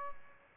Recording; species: mosquito wingbeat signal from an infrared sensor; Aedes albopictus